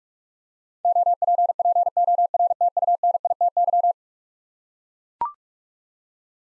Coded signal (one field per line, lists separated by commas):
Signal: Morse code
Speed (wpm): 44 wpm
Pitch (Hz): 700 Hz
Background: none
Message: OPPORTUNITY